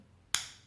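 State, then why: Seated. A CR2032 coin cell battery, positive side down, is pushed under the metal contact of a plastic key fob housing for a 2014–2019 Hyundai Tucson, then pressed down on its top center. A single sharp click sounds at 0.3 s, then quickly fades against quiet background. The battery is seated in the holder.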